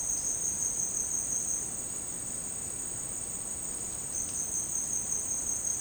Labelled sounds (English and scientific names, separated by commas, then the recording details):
none
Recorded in dense forest near Puerto Asís, Putumayo, Colombia, on 23 June 2025 at 11:00
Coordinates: 0.499, -76.324
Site G100